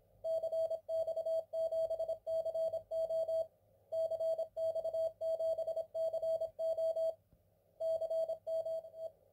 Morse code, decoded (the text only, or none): CX7CO CX7CO CME